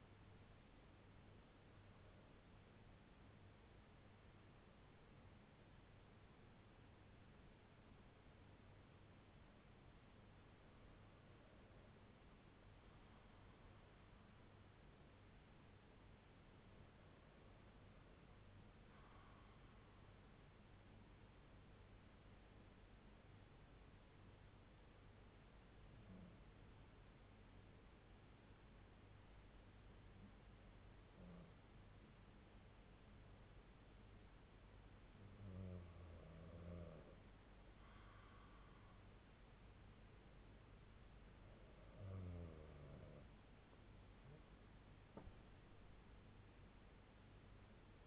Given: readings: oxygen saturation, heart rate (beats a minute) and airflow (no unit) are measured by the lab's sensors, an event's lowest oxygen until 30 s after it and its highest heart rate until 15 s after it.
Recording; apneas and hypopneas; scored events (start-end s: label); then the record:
breathing in sleep by a voice recorder at the bedside; 1
7.00-37.00 s: new sleep stage, N2 (light sleep)
9.00-41.80 s: hypopnea (N2, oxygen 96% highest, then 90% lowest)
37.00-48.07 s: new sleep stage, N1 (lightest sleep)
From the record:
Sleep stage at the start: N1 (lightest sleep); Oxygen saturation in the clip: 91 to 96%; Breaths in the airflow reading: 9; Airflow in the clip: -7.2 to 7.7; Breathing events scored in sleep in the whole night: 368 in 8.0 hours asleep